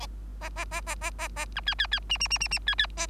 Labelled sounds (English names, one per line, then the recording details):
Bengalese Finch song
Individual Bird3